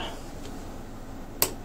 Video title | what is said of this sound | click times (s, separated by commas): HTPC Build 2012 | clicks in place so everything | 1.4 s